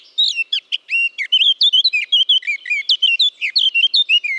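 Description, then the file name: Eurasian blackcap song, loud and clear: a fast, unbroken run of varied fluty whistles and chirps tumbling up and down. "Sylvia atricapilla"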